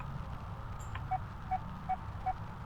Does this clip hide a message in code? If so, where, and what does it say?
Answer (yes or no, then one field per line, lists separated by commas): no